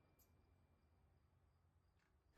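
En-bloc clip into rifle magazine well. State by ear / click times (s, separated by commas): not seated / none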